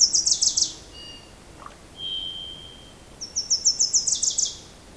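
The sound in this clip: Bird calls: quick, high, chirpy trills in two bursts of several notes each, with a thin steady whistle and a few soft notes between them.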